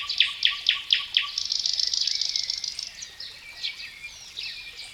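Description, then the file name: Bird song starting with five quick descending chirps, followed by a dry buzzing trill and softer warbling notes fading out. "melodiez vogels"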